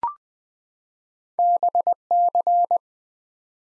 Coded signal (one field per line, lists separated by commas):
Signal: Morse code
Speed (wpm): 20 wpm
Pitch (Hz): 700 Hz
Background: none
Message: BC